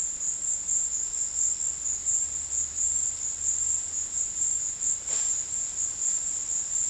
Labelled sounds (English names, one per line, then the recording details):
none
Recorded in secondary vegetation near Puerto Asís, Putumayo, Colombia, on 4 March 2025 at 14:30
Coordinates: 0.484, -76.319
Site G010